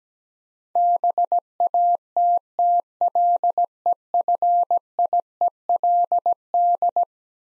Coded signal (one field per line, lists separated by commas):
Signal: Morse code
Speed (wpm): 17 wpm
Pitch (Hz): 700 Hz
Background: none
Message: BATTLEFIELD